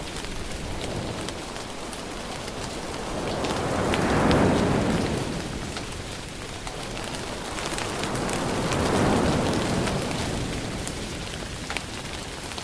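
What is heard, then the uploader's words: Rain falls steadily on a beach while ocean waves roll in. Two wave surges swell and fade, peaking around four and nine seconds, over a constant dense hiss of rain with scattered sharp drop ticks. The surf sounds low and full. Rain Storm on the Island | Rain and Ocean Waves Sounds. Rain and waves create a storm on the beach.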